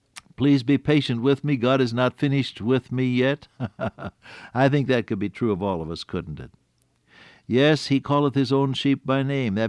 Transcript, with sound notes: “Please be patient with me. God is not finished with me yet.” [chuckle] I think that could be true of all of us, couldn’t it? Yes, he calleth his own sheep by name.